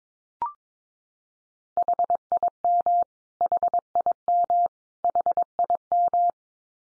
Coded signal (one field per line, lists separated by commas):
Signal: Morse code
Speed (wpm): 22 wpm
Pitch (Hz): 700 Hz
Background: none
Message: HIM HIM HIM